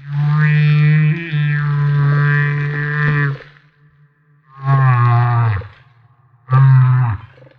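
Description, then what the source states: Humpback whale song of deep, harmonically rich moans, one long and two shorter, with brief pauses between them. Recorded off Maui.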